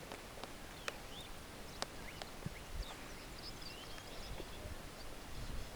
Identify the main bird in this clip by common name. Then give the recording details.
Superb Starling. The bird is a male. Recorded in Kenya on 18 June 2010. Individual 32, of group DRT2